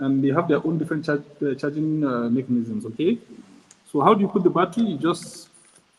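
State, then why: Not seated. A small drone's battery pack is handled near its bay while someone talks, but nothing has seated or clicked yet. The clip is mostly speech, with a brief hiss near the end and no sharp sounds.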